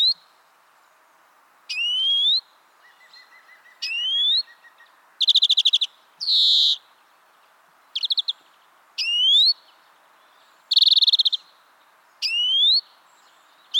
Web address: pub SETE data Chloris chloris